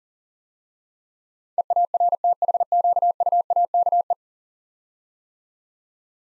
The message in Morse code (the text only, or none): EARTHQUAKE